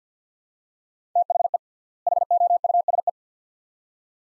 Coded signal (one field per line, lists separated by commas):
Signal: Morse code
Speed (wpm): 49 wpm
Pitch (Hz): 700 Hz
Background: none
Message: THE HOUSE